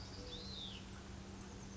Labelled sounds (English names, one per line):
Hutton's Vireo